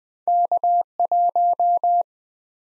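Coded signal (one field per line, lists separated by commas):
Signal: Morse code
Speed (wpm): 23 wpm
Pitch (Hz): 700 Hz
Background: none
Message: K1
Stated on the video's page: Two letter-number combination drill in Speed-Racing format, starting fast and slowing to a 17wpm base; fastest speed is 1.5 times slowest, final repeat sent once at maximum speed.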